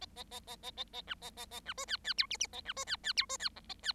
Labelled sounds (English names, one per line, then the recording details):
Bengalese Finch song
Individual Bird7